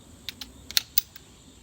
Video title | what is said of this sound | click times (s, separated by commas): Paria Alloy UL Trekking Poles Review | pull it to where our quick release button snaps all this will come into one piece like so | 0.8 s